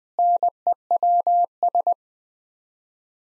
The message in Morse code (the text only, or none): NEWS